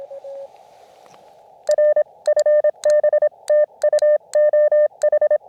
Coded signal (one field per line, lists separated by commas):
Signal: Morse code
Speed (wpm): 25 wpm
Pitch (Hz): 600 Hz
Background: none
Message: R FB TU OH